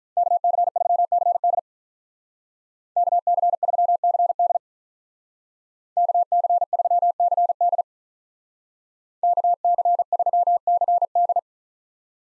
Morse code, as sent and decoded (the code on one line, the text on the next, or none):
-.- -.-. ...-- -.-. -.. / -.- -.-. ...-- -.-. -.. / -.- -.-. ...-- -.-. -.. / -.- -.-. ...-- -.-. -..
KC3CD KC3CD KC3CD KC3CD